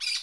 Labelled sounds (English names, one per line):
Brown-throated Parakeet contact call